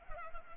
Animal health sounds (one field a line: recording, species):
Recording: mosquito wingbeat signal from an infrared sensor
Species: Culex pipiens